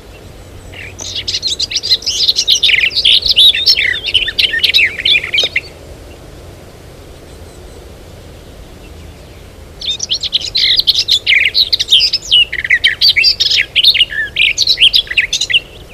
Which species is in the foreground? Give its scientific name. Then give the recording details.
Sylvia borin. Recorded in the wild. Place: Clausthal-Zellerfeld, Oberharz, Niedersachsen, DE. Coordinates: 51.78, 10.33. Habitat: forest. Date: 1985-06-11. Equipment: Sony WM-D6C, Big Ear. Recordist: Skiba, Reinald